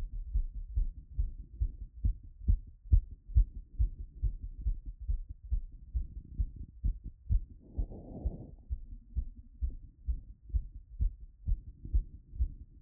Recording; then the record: heart sounds by stethoscope after running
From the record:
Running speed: 6 mph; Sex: male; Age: 20 to 29 years